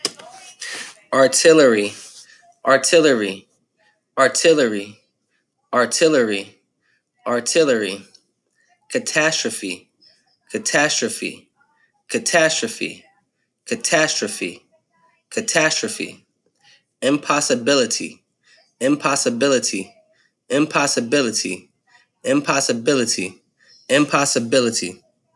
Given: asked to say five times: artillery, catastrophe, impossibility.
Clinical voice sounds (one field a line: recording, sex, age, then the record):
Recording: three words, each repeated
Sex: male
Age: 40 to 49 years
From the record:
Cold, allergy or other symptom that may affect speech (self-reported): no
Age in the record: 40 years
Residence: District of Columbia, United States